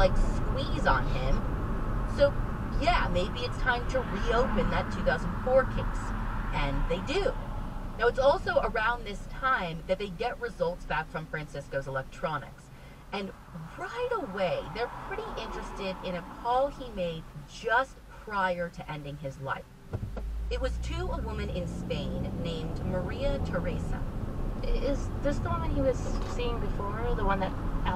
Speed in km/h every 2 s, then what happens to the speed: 52, 40, 34, 23, 11, 0, 0, 0, 0, 0, 0, 8, 21, 26.
0-10 brakes to 0. 10-21 standing. 21-28 pulls away to 26.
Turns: none.